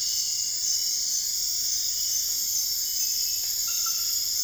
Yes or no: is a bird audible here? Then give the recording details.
no. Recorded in dense forest near Puerto Asís, Putumayo, Colombia, on 20 February 2024 at 04:30. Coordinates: 0.485, -76.318. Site G6408